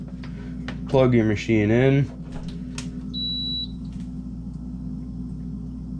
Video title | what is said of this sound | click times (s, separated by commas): Starfrit Electric Pasta/Noodle Maker (Full Demo/Review) | Close it till it clicks. | 0.7 s